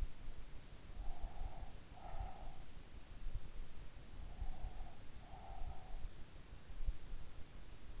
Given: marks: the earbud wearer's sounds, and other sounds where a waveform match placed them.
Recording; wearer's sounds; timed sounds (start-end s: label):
sounds in sleep by an in-ear microphone; breath
1.03-2.88 s: breath
4.26-6.45 s: breath